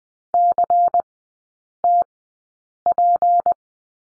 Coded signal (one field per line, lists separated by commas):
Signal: Morse code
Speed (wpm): 20 wpm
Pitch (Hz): 700 Hz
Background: none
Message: CTP